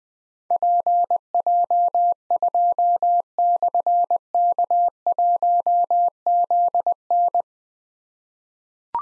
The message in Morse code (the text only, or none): PJ2/K1ZN